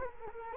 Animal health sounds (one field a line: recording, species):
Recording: mosquito wingbeat signal from an infrared sensor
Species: Culex quinquefasciatus